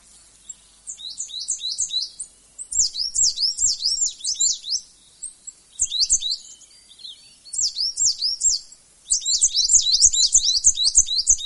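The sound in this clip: Coal tit song: high, thin two-note phrases repeated quickly in several bursts, each up to a few seconds long with short pauses between them.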